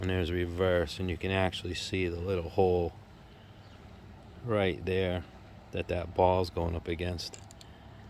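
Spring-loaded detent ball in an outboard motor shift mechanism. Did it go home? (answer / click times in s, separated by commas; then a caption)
no / none. Someone talks while handling the gear shift on the lower unit of a 1956 Mercury Mark 25 outboard motor, moving it past reverse toward the little hole where the spring-loaded detent ball drops in for neutral. Between stretches of talk there are faint handling sounds and a brief sharp tick near the end. The detent ball has not yet clicked into its neutral hole.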